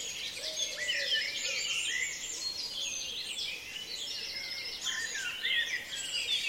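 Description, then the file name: Birds in a dawn chorus, many thin whistles and twittering notes layered together. "Reveil des oiseaux La Sonotheque"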